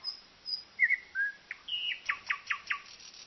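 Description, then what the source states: Common nightingale song phrase: a few slurred whistles followed by a few evenly spaced sharp, repeated notes. Sung at night.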